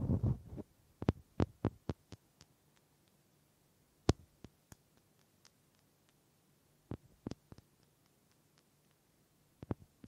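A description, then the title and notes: Sharp wooden taps and knocks come in uneven clusters and pairs against near silence, with a soft low rumble during the opening second. ASMR Simply Relaxing Wood Triggers for Sleep New Mic Test Tascam Portacapture X8 (No Talking).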